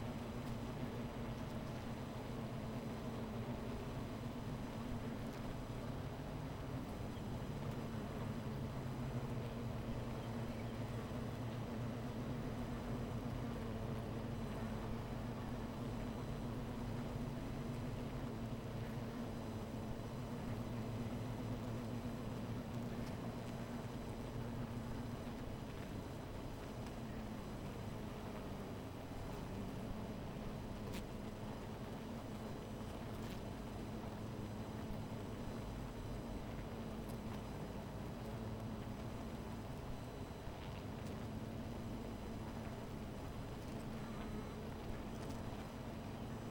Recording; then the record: honeybee colony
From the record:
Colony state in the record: missing queen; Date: 14 July 2017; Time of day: 16:46